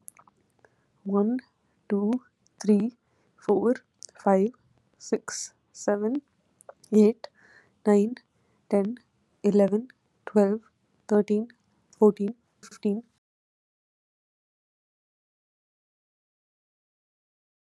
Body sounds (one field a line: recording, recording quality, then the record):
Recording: counting at a normal pace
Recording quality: excellent, no background noise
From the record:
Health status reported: COVID-19 positive, mild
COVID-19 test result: positive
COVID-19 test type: rapid antigen test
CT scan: not taken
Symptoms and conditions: cough, sore throat, fever, fatigue, muscle pain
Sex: female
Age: 25 years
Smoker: no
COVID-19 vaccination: both doses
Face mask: not worn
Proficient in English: yes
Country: India